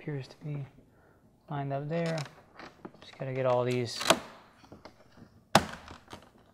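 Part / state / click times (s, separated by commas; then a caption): lower clips of a front grille into a car bumper cover / seated / 5.5 s. Someone talks while the lower clips of an RS4-style plastic front grille are pushed into the bumper cover of a B8.5 Audi S4. One sharp snap rings out at 5.5 seconds, followed by a few faint taps, as the lower clips seat in place.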